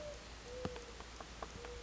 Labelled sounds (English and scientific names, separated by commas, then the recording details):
Mourning Dove (Zenaida macroura)
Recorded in Sonoma County, California